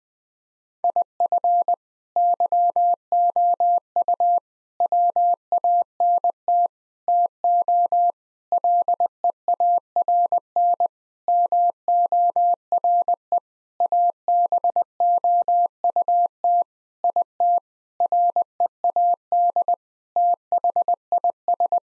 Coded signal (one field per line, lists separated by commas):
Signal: Morse code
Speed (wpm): 21 wpm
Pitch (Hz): 700 Hz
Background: none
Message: IF YOU WANT TO LEARN MORE ABOUT IT READ THIS